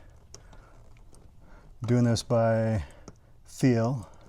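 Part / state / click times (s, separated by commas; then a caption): seat cover clip into car seat back / not seated / none. A second seat cover clip is pushed into a car seat back by feel, with a few faint soft handling ticks early on. Someone then talks over quiet background. Nothing has clicked or seated yet.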